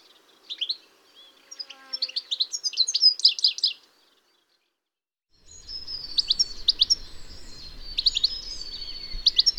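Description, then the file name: European goldfinch twittering song building to a dense, rapid burst, a short silence, then sharper chirps and a drawn-out buzzy note over low rumbling noise. "chardonneret elegant"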